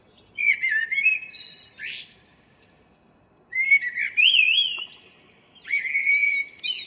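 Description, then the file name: Common blackbird singing mellow, whistled phrases with wavering high notes and squeaky endings, three phrases separated by short silences. "Turdus merula"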